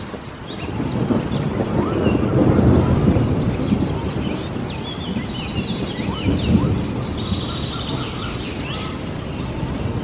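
A rainstorm in the forest, with a deep, rolling rumble that swells over the first three seconds, eases, then rises again near six seconds. Dense rain patter fills the whole stretch, and thin bird chirps and calls flicker above it throughout.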